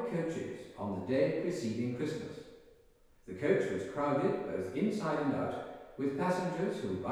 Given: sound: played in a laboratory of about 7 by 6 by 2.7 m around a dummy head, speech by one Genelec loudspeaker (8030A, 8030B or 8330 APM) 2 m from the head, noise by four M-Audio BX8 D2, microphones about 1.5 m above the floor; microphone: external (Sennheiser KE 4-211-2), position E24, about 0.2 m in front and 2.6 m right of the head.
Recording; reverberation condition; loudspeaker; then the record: male speech in English; high; 150 degrees to the left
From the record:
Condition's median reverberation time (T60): about 1300 ms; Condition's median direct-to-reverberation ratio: about -4.0 dB